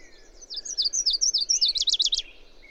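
Bird singing a high-pitched phrase of quick falling notes that accelerates into a zigzag trill, with a faint lower whistle before and after.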